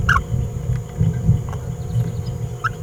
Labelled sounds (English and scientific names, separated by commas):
Green-rumped Parrotlet (Forpus passerinus) babbling